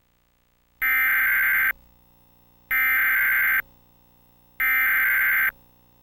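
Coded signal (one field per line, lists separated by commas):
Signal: Emergency Alert System (SAME) tones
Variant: header bursts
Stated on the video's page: EAS civil emergency message carried on Xfinity cable during a CNN recording, about a city curfew, with an unusual voiceover.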